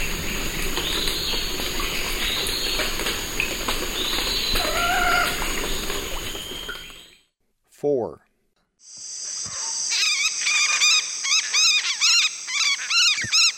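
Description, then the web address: Red-bellied macaw calls: after a dense, noisy stretch and a pause, a quick series of harsh, arched, screechy notes. Eastern lowlands of South America. "Natures Songs S America Eastern Lowlands. Red-bellied Macaw"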